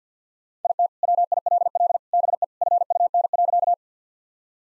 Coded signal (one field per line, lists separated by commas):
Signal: Morse code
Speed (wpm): 50 wpm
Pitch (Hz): 700 Hz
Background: none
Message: IT WILL BE FUN.